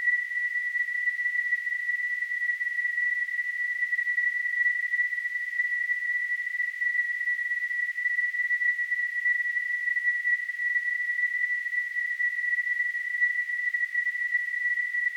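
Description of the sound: A steady, unbroken pure tone of about 2 kHz, a high whistle-like pitch, runs at constant loudness for the full 15 seconds. It is a tinnitus simulation, imitating the continuous ringing or whistling a person with tinnitus hears in the ear.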